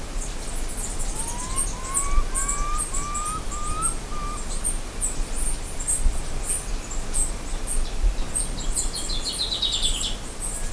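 Bird calls: a series of short rising whistled notes in quick succession, with faint high trills later, over constant low rumbling noise.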